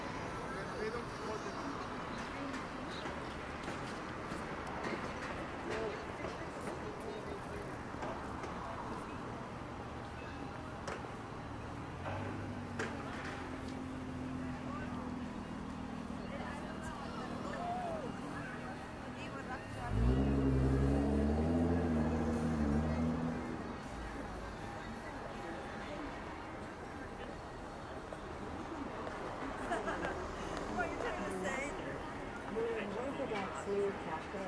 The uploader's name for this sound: Akihabara,daytime